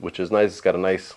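Someone talks while handling the plastic visor of an HJC RPHA 91 modular motorcycle helmet, raising it toward its locked up position on the helmet shell. Only speech is heard over the 1.2 seconds, and nothing has seated or clicked yet.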